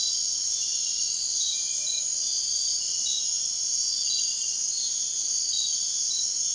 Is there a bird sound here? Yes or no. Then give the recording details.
no. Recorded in dense forest near Puerto Asís, Putumayo, Colombia, on 21 March 2025 at 01:30. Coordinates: 0.499, -76.324. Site GP03